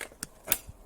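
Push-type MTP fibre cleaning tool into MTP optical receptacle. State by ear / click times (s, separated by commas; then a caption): seated / 0.5 s. A push-type MTP fibre cleaning tool is pushed into the MTP optical receptacle of an RX6 module to clean it. A faint tick at the start and a short sharp click at 0.2 s are followed by the loudest, brighter click at 0.5 s as the tool clicks home. The tool is fully seated and the receptacle has been cleaned.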